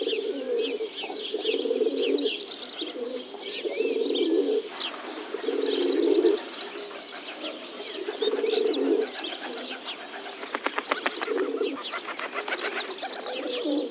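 Birdsong chorus with rolling low cooing phrases repeated every couple of seconds, mixed with busy high chirps, trills and rapid clicking notes from several other birds.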